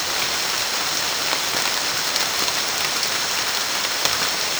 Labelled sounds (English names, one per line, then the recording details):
none
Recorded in secondary vegetation near Puerto Asís, Putumayo, Colombia, on 30 June 2025 at 15:00
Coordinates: 0.499, -76.323
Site G077